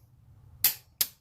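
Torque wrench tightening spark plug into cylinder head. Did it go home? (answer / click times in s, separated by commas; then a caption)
yes / 0.6 s. A click-type torque wrench tightens a spark plug into the cylinder head of a 2014 Toyota Tacoma V6 to 14 foot-pounds. Over a low hum, the wrench gives a sharp click at 0.6 s, followed by a second sharp snap at 1.0 s. The click confirms the plug has reached its torque setting.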